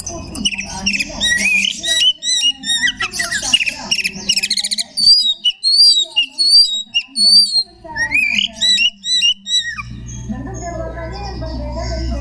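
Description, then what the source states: Oriental magpie-robin song: a long, varied sequence of whistles, quick rising slurs and buzzy trills, ending in low rumbling noise. Magpie-robin singing in the ngekek style.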